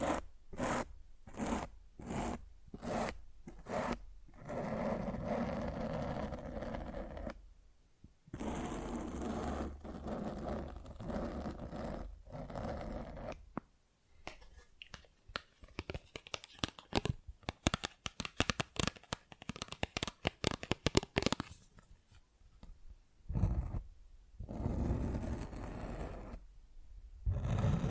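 Scratching and rubbing on a microphone, starting with a regular run of sharp strokes in the first few seconds, then longer, denser stretches of rough friction. Brief silences break it up near 8 and 14 seconds, followed by rapid clustered scrapes and clicks.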